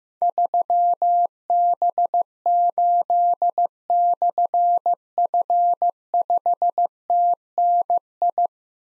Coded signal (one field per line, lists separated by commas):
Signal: Morse code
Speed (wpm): 15 wpm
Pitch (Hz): 700 Hz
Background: none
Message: 3B8/F5TNI